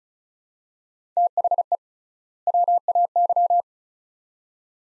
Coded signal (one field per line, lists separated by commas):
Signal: Morse code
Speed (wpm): 34 wpm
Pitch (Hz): 700 Hz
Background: none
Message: THE WAY